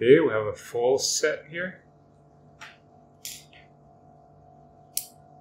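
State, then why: Released. Someone talks briefly at the start, then quiet ticks and scrapes come as a homemade lock pick made from a paint knife is worked with counter rotation on the lock plug. A sharp click at 5.0 s marks the lock plug and shackle popping open, and the lock is released.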